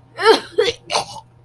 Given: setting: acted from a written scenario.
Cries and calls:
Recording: vocal sound without words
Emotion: disgust

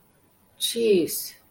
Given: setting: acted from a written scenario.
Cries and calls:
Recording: vocal sound without words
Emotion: anger

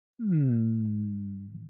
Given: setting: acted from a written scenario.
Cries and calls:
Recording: vocal sound without words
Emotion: sadness

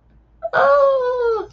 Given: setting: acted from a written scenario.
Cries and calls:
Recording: vocal sound without words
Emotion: romantic love

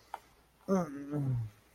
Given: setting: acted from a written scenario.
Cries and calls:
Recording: vocal sound without words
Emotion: serenity

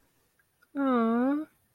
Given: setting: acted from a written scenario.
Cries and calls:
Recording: vocal sound without words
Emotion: adoration

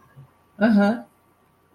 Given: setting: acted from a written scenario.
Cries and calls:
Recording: vocal sound without words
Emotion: neutral

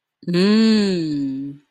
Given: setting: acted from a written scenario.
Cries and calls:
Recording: vocal sound without words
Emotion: desire

